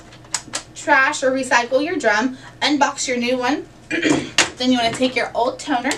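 A plastic toner cartridge is released from the drum unit of a Brother HL2770dw laser printer by pressing the release tab on the drum, popping out with a sharp click at 0.4 s. A second, softer click follows at 0.6 s. Someone then talks for the rest of the clip.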